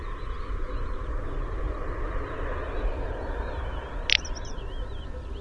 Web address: little bustard bird call